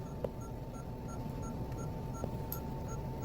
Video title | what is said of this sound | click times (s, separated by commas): Brittany Mounce VTHT 1341 31420 AVMA Video Assignment | And once you hear the click, then the blade is secure on there. | 2.5 s